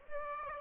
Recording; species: mosquito wingbeat signal from an infrared sensor; Aedes aegypti